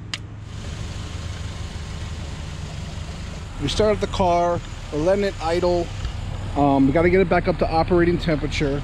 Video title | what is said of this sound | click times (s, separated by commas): 2009 Nissan Altima 2.5L CVT Transmission Fluid Change! (with NO Drain Plug) | in until you hear it pop | 0.1 s